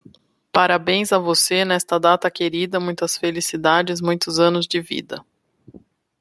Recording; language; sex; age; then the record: short text; Brazilian Portuguese; female; 30 to 39 years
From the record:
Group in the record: control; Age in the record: 39 years